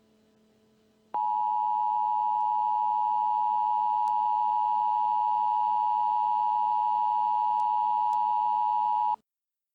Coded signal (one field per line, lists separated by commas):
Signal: Emergency Alert System (SAME) tones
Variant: 853 and 960 Hz attention tone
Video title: EAS MOCK - Evil Darwin Part 2